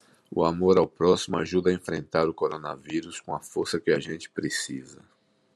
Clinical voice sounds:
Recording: spoken sentence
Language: Brazilian Portuguese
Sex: male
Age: 60 to 69 years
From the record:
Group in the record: control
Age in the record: 61 years

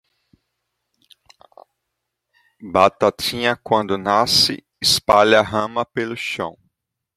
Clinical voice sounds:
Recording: short text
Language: Brazilian Portuguese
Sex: male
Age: 20 to 29 years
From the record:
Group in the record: control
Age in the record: 28 years

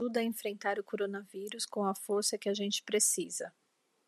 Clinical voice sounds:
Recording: spoken sentence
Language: Brazilian Portuguese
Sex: female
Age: 50 to 59 years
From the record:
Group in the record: control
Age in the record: 50 years

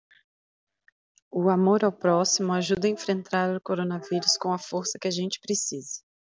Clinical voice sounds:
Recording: spoken sentence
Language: Brazilian Portuguese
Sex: female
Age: 30 to 39 years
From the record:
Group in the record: control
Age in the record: 34 years

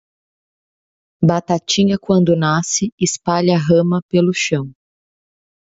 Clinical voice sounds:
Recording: short text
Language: Brazilian Portuguese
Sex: female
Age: 30 to 39 years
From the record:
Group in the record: control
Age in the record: 33 years

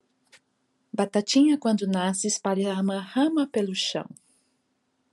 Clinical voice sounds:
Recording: short text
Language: Brazilian Portuguese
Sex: female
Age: 50 to 59 years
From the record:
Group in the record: control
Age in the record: 51 years

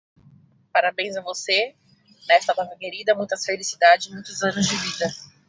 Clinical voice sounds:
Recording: short text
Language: Brazilian Portuguese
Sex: female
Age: 20 to 29 years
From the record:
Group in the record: control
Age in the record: 28 years

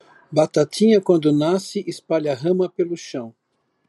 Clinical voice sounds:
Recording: short text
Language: Brazilian Portuguese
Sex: male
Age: 60 to 69 years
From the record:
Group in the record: control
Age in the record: 64 years

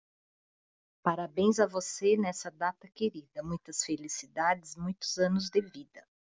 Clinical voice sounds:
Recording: short text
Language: Brazilian Portuguese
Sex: female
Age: 50 to 59 years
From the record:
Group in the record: control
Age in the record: 54 years

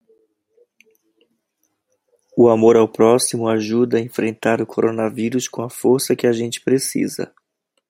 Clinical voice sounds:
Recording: spoken sentence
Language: Brazilian Portuguese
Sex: male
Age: 30 to 39 years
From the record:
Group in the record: control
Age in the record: 33 years

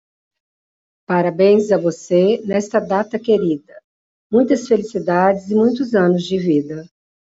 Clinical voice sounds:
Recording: short text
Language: Brazilian Portuguese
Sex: female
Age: 60 to 69 years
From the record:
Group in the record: control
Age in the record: 62 years

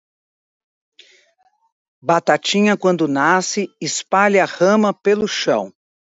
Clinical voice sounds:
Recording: short text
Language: Brazilian Portuguese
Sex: female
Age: 60 to 69 years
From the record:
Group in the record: control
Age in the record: 67 years

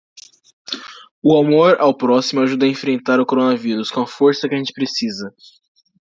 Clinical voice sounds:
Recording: spoken sentence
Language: Brazilian Portuguese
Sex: male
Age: 18 to 19 years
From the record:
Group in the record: control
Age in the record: 19 years

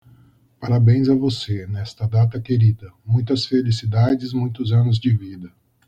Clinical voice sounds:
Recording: short text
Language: Brazilian Portuguese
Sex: male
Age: 40 to 49 years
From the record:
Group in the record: control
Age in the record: 43 years

